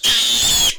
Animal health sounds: pig call; piglet (1 to 25 days)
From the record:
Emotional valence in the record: negative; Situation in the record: restrain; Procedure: sham castration, fixation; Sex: male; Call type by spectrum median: high-frequency call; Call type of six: high-frequency modulated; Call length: 0.79 s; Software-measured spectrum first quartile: 3218 Hz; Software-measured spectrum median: 4410 Hz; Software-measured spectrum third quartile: 7284 Hz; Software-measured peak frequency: 3319 Hz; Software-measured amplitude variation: 79 dB a second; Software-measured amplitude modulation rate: 20.9 a second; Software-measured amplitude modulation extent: 3.8 dB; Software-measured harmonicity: 4.1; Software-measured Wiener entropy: -1.85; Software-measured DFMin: 1078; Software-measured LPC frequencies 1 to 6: 856, 1845, 3444, 6716, 7500, 8981 Hz

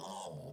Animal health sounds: pig call; piglet (1 to 25 days)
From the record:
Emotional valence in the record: negative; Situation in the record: short isolation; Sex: female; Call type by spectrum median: low-frequency call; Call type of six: mixed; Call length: 0.53 s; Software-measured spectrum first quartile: 526 Hz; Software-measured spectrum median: 986 Hz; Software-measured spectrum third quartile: 4287 Hz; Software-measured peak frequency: 153 Hz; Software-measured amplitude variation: 86 dB a second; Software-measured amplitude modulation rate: 21.6 a second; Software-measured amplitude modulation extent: 4.0 dB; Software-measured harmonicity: 1.5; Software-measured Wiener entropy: -3.88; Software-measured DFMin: 885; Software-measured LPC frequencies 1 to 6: 722, 855, 3360, 5107, 6649, 7376 Hz

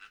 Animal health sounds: pig call; piglet (1 to 25 days)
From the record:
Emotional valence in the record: positive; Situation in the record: reunion after long isolation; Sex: female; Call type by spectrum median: low-frequency call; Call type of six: low-frequency tonal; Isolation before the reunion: 8 minutes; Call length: 0.11 s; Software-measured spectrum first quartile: 1466 Hz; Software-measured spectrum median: 2000 Hz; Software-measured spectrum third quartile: 2863 Hz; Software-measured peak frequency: 1515 Hz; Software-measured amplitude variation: 120 dB a second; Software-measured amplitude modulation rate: 4.6 a second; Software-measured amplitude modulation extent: 26.2 dB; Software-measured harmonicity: 3.6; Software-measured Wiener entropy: -1.51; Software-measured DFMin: 1210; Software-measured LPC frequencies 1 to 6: 1429, 2644, 3857, 5099, 6901, 8416 Hz

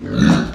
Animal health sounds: pig call; growing-finishing pig (85 days or more)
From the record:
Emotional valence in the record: negative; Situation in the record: barren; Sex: male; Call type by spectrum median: low-frequency call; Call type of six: low-frequency modulated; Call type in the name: low-frequency modulated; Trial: 2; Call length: 0.55 s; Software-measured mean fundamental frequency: 58 Hz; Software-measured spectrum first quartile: 199 Hz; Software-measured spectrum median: 324 Hz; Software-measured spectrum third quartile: 1375 Hz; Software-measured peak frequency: 179 Hz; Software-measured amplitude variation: 169 dB a second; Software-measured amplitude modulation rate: 31.7 a second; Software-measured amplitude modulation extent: 5.3 dB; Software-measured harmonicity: 3.7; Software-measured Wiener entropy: -2.26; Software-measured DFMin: 1211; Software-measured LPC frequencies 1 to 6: 1594, 2570, 3852, 5926, 6680, 7296 Hz

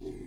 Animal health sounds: pig call; weaner (32 to 43 days)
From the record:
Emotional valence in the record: positive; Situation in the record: positive conditioning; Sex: female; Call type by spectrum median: low-frequency call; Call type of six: low-frequency stable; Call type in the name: low-frequency stable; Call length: 0.27 s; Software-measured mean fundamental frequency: 43 Hz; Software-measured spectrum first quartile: 155 Hz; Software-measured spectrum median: 308 Hz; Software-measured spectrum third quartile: 419 Hz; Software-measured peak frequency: 375 Hz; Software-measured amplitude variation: 128 dB a second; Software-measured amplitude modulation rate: 27.6 a second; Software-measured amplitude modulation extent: 4.6 dB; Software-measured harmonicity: 2.8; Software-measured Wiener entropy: 0.14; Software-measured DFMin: 1227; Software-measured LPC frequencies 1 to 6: 361, 2055, 3462, 4161, 4851, 6116 Hz

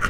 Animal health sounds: pig call; piglet (1 to 25 days)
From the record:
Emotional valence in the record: positive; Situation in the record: reunion after long isolation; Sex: male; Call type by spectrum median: low-frequency call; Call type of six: low-frequency tonal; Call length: 0.10 s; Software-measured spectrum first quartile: 91 Hz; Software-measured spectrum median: 1054 Hz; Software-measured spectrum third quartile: 1562 Hz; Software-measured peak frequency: 1427 Hz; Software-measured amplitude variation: 159 dB a second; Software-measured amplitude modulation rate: 4.8 a second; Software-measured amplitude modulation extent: 32.7 dB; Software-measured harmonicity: 4.0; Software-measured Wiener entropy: -1.66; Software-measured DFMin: 798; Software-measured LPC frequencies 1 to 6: 1369, 2894, 4310, 5574, 6291, 7242 Hz

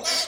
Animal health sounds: pig call; piglet (1 to 25 days)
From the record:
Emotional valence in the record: negative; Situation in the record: fighting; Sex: male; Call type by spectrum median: high-frequency call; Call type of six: high-frequency modulated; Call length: 0.27 s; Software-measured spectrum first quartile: 2056 Hz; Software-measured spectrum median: 4490 Hz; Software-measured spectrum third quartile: 5487 Hz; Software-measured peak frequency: 4589 Hz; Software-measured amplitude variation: 102 dB a second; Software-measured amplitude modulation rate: 16.4 a second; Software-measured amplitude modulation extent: 6.2 dB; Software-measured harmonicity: 1.8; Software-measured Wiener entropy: -1.51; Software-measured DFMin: 535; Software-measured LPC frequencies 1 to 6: 698, 1509, 2183, 3123, 3786, 4615 Hz

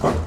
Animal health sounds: pig call; growing-finishing pig (85 days or more)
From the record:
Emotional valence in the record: positive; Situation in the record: run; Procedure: transit

